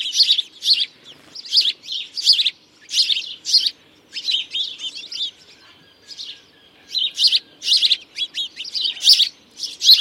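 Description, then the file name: House sparrow chirps: bursts of harsh repeated chirping in clusters with short pauses. "Passer domesticus"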